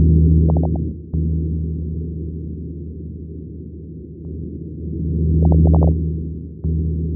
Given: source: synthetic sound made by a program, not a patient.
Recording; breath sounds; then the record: synthetic breath sounds; fine crackles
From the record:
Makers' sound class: crackles